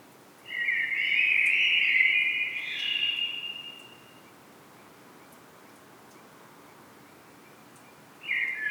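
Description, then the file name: Common blackbird song: one long, mellow fluted phrase with a brief higher note near its end, a long quiet pause, then another phrase just beginning. "Turdus merula"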